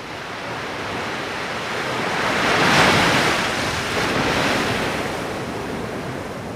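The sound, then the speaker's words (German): A single ocean wave swells and crashes in a broad roar of surf, peaking midway before a long, hissing wash of water that lingers with a windy rumble. No voices. “Und nun schlägt die Welle über ihnen zusammen.”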